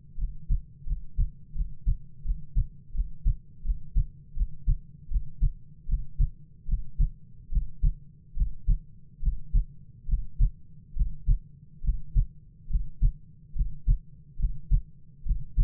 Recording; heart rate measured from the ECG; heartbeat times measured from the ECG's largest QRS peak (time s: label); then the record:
heart sounds by stethoscope; 76 bpm
0.16 s: heartbeat
0.84 s: heartbeat
1.53 s: heartbeat
2.23 s: heartbeat
2.92 s: heartbeat
3.63 s: heartbeat
4.34 s: heartbeat
5.09 s: heartbeat
5.87 s: heartbeat
6.66 s: heartbeat
7.50 s: heartbeat
8.35 s: heartbeat
9.21 s: heartbeat
10.06 s: heartbeat
10.94 s: heartbeat
11.82 s: heartbeat
12.68 s: heartbeat
13.54 s: heartbeat
14.37 s: heartbeat
15.24 s: heartbeat
From the record:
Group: healthy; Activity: breath hold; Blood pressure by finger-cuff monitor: 89/52 mmHg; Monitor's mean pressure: 60 mmHg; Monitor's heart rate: 81 bpm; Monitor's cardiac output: 7.4 L/min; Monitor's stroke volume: 98 mL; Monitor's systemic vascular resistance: 510 dyn s/cm5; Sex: male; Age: 22 years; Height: 185 cm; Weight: 112.4 kg